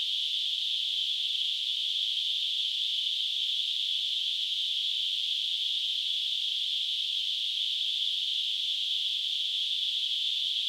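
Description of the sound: Simulated tinnitus: a steady, unbroken hissing band of noise centred around 3 to 4 kHz, with nothing in the low frequencies and an even loudness throughout.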